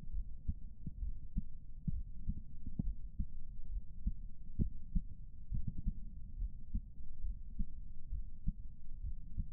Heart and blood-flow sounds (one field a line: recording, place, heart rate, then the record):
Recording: heart sounds by stethoscope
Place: pulmonary valve (PV)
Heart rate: 67 bpm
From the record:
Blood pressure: 118/72 mmHg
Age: 56 years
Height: 145 cm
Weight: 55 kg